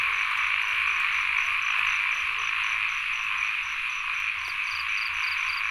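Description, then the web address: Frogs chorusing in an even high drone, with quick repeated high pips in rapid series near the end. Field recording, frogs and insects together, at Sen Monorom, Cambodia. "NOISE ON EARTH Vol 1 CAMBODIA Les Cartes Postales Sonores - Insects Frogs of Sen Monorom"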